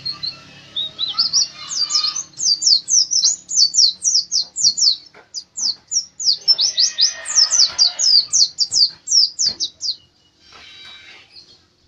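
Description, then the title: White-eye song: a rolling series of high, quick, downslurred chirps repeated steadily for about ten seconds before stopping. Pleci Dakun from Bali, a national champion songbird; song style described as ngerol gacor teler. "pleci Dakun Bali Ngerol Gacor Teler Juara Nasional"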